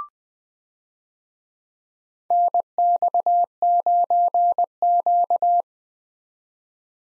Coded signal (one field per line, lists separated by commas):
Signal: Morse code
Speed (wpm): 20 wpm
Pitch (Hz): 700 Hz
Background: none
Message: NX9Q